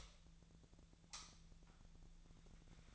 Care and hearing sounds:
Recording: daily activity, microphone in the room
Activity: light on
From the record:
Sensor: 3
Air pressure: 1009.7 hPa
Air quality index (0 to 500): 190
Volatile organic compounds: 14 ppm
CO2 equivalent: 2473 ppm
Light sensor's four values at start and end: 38/96/41/44 and 45/118/50/51

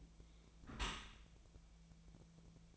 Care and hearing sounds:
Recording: daily activity, microphone in the room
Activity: close dishwasher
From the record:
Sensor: 1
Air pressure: 1000.5 hPa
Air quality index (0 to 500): 183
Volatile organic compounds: 4 ppm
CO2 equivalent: 1680 ppm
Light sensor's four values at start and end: 11/27/11/13 and 11/27/11/13

